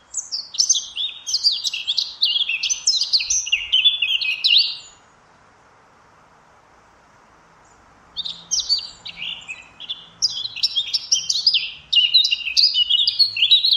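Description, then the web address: Eurasian blackcap singing: quick, varied, scratchy warbling phrases in bursts, with a pause of a few seconds between them. "cianscape birddata Deverinetal 2025"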